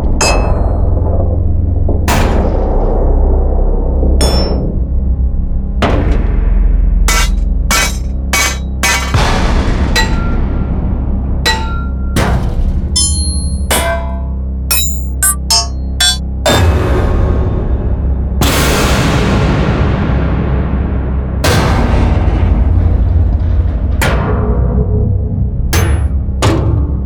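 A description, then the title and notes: Loud, heavy metal impacts strike one after another, each a sharp bright clang with a deep booming low end and ringing metallic tails. Hits land every second or two, some clustered in quick bursts, others left to decay longer, with a constant low rumble underneath. Cinematic Metal Impacts. Complex, loud and heavy metal hit SFX.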